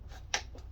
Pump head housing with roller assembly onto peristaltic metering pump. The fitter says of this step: Snap. If you don't hear it snap, you most likely have a problem.